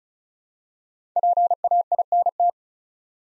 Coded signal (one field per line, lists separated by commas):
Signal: Morse code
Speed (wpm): 36 wpm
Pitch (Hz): 700 Hz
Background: none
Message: PAINT